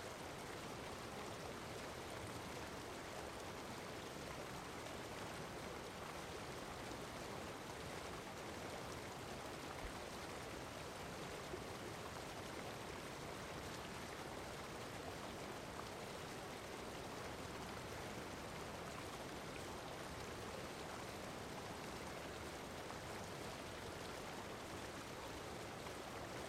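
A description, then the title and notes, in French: A brook murmurs steadily as water flows over stones, a dense, even rush with no pauses or swells across the whole stretch. The sound is full, with a soft low body and a fine bright hiss on top, unchanging from start to finish. Murmures du Ruisseau: La Mélodie de l'Eau. Découvrez la douceur apaisante d'un ruisseau, où le murmure de l'eau qui s'écoule crée une harmonie délicate.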